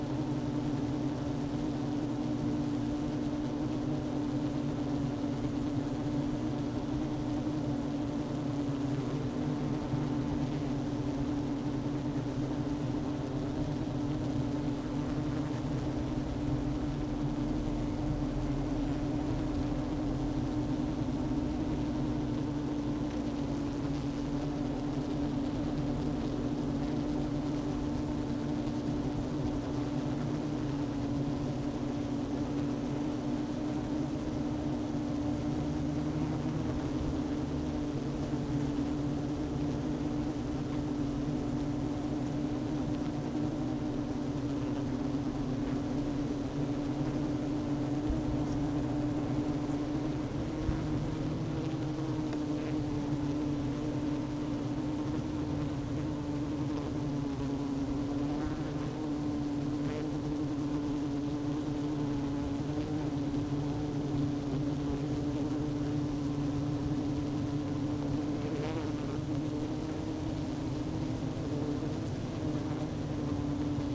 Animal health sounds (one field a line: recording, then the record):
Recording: honeybee colony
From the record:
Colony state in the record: active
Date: 12 June 2018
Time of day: 11:30